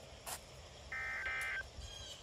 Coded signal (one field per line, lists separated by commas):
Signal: Emergency Alert System (SAME) tones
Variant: end-of-message bursts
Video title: Required Weekly Test on WXL37 and WWH33 [EAS #1,637-1,638]